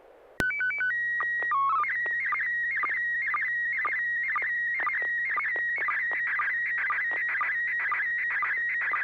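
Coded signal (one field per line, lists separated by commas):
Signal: SSTV (slow-scan television)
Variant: PD 120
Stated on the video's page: Weekly SSTV net on a 441.30 MHz FM repeater, images sent with MMSSTV software.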